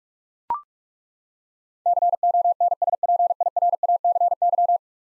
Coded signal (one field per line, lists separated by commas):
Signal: Morse code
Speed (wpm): 41 wpm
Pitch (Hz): 700 Hz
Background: none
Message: CONSPIRACY